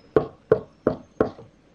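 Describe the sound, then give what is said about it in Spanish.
A hand knocks four firm times on a house door in a steady, evenly spaced rhythm, each a solid, woody thud with a short ringing tail, heard alone against near silence. “Y antes de poder pensar, está mi mano golpeando la puerta.”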